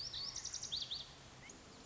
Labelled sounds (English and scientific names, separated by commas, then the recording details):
Lazuli Bunting (Passerina amoena)
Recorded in Sonoma County, California